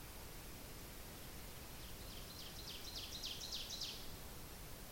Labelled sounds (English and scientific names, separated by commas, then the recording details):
Ovenbird (Seiurus aurocapilla) song
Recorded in boreal forest in Alberta, Canada, on 10 June 2016 at 08:56
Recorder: SongMeter 3, array SBT-3-39
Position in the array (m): 271 m, 158 m
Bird 19